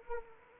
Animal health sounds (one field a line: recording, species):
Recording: mosquito wingbeat signal from an infrared sensor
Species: Anopheles arabiensis